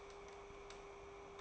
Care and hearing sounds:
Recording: daily activity, microphone in the room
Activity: start toaster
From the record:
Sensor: 1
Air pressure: 1004.3 hPa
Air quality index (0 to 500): 201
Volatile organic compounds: 19 ppm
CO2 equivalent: 2652 ppm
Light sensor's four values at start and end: 5/13/4/5 and 5/13/4/5

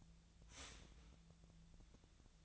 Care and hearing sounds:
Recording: daily activity, microphone in the room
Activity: start toaster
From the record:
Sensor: 3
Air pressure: 1009.2 hPa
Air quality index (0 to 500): 198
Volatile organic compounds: 17 ppm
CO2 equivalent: 2565 ppm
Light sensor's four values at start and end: 32/80/34/36 and 32/80/34/36

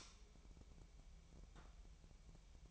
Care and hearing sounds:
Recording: daily activity, microphone in the room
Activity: light on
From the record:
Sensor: 1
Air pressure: 1002.0 hPa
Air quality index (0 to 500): 246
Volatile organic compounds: 49 ppm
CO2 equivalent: 3288 ppm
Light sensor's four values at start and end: 5/11/4/5 and 14/43/17/18

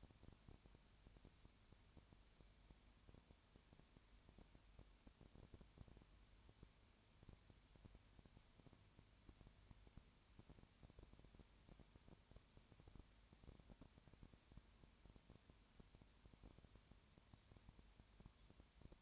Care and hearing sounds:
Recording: daily activity, microphone in the room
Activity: no activity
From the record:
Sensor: 2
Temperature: 20.4 degrees Celsius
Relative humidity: 35.6%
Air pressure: 1007.1 hPa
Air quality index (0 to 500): 122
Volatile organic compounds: 2 ppm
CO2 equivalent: 1255 ppm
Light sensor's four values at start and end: 2/3/2/2 and 2/3/2/2

